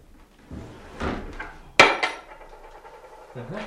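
Wooden scraping and rattling as a jammed drawer is tugged, then a sudden loud bang as it jerks free, followed by a faint rattle and a brief voice at the end.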